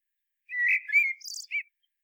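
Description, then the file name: Common blackbird song phrase: a low, mellow warbled whistle that slides around, then a brief high squeaky twitter and a short closing chirp. "Turdus merula"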